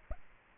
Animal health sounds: mosquito wingbeat signal from an infrared sensor; Aedes albopictus

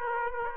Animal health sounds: mosquito wingbeat signal from an infrared sensor; Aedes aegypti

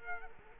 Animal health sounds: mosquito wingbeat signal from an infrared sensor; Culex quinquefasciatus

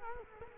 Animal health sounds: mosquito wingbeat signal from an infrared sensor; Culex quinquefasciatus

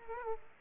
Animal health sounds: mosquito wingbeat signal from an infrared sensor; Aedes aegypti

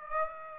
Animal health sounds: mosquito wingbeat signal from an infrared sensor; Aedes aegypti

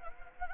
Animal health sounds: mosquito wingbeat signal from an infrared sensor; Anopheles gambiae

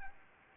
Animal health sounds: mosquito wingbeat signal from an infrared sensor; Aedes albopictus

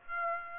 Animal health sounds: mosquito wingbeat signal from an infrared sensor; Aedes aegypti

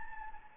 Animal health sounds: mosquito wingbeat signal from an infrared sensor; Anopheles gambiae

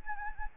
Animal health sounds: mosquito wingbeat signal from an infrared sensor; Anopheles gambiae

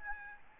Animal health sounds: mosquito wingbeat signal from an infrared sensor; Aedes albopictus

